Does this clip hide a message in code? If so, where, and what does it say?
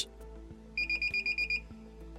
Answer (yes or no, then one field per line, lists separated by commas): no